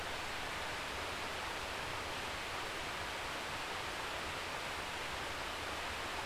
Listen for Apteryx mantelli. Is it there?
no